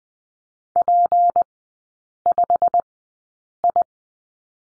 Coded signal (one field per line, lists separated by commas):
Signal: Morse code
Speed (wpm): 20 wpm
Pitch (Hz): 700 Hz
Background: none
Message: P5I